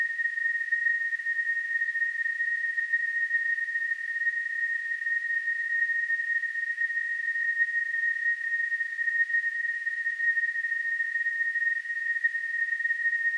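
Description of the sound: A steady, continuous synthetic tone at about 1.8 kHz, held unchanged for the whole clip over faint high-frequency hiss, simulating tonal tinnitus.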